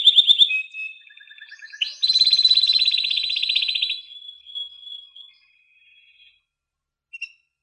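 Canary song: a bright trill, a dense buzzy rolling phrase lasting about two seconds, then a fading thin note and a brief final chirp.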